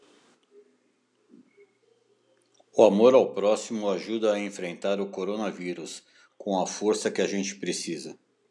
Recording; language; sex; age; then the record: spoken sentence; Brazilian Portuguese; male; 60 to 69 years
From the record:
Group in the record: control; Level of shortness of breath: 0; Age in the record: 60 years